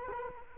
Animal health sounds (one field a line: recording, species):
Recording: mosquito wingbeat signal from an infrared sensor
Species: Culex quinquefasciatus